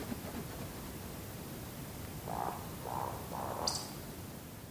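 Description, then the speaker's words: Eurasian woodcock roding display: three low, croaking grunts in quick succession, then one sharp, high squeaky click, over a steady background hiss. Male in flight giving its typical roding display; a grunt followed by a click, three times; recorded by Simon Elliott; sourced from xeno-canto. "A zatem samiec słonki w locie w typowym dla siebie popisie wokalnym. Chrapnięcie, cmoknięcie i tak trzy razy."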